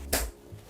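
A plastic tie/belt hook is taken out and snapped onto a closet tension rod, so that it clips on and stays seated. A single sharp, bright snap is heard at 0.1 s, followed by low background noise. No one talks.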